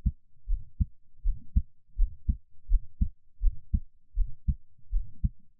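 A person's own heartbeat, close-miked on an adult. Normal heartbeat.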